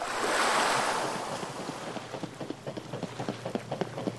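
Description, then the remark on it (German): Lake water laps at a shore beside a promenade, separated from it by a narrow strip of lawn and a few bushes: a soft rushing wash swells and fades, then gives way to a string of small, irregular splashes and slaps against the bank, with no voices. “Die Promenade führte am See entlang, von dem nur ein schmaler Streifen Rasen und ein paar Büsche sie trennten.”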